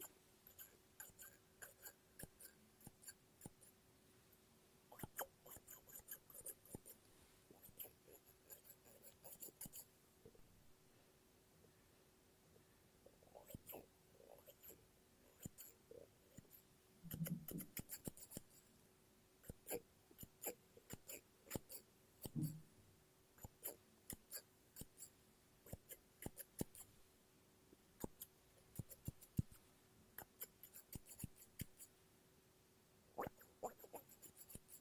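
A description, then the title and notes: Scissors snip and cut through paper in quick runs of sharp, crisp clicks, dense clusters broken by short pauses across the whole stretch. A faint steady hum sits underneath, and a couple of soft low thumps come around seventeen and twenty-two seconds. ASMR Scissors No Talking Snips and Cutting Paper.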